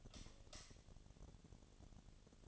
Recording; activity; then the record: daily activity, microphone in the room; light off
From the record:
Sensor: 4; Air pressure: 1010.7 hPa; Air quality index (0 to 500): 170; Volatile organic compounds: 5 ppm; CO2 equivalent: 1727 ppm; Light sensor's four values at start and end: 39/111/44/45 and 38/110/44/45